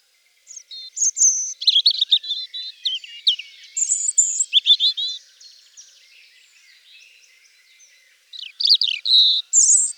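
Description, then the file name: European robin song: varied high whistled phrases and liquid trills in two bouts, separated by a few seconds of near silence. "Jean Roch - Rougegorge"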